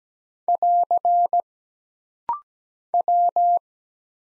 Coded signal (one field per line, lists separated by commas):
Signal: Morse code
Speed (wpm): 17 wpm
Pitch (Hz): 700 Hz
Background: none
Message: <AR> W